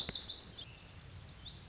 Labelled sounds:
Lazuli Bunting (Passerina amoena)
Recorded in Sonoma County, California

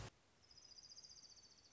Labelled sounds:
Orange-crowned Warbler (Leiothlypis celata)
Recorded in Sonoma County, California

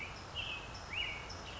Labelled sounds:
American Robin (Turdus migratorius)
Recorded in Sonoma County, California

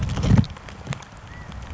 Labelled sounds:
California Quail (Callipepla californica)
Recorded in Sonoma County, California

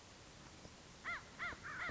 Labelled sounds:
American Crow (Corvus brachyrhynchos)
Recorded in Sonoma County, California

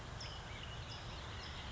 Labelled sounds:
California Towhee (Melozone crissalis)
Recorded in Sonoma County, California

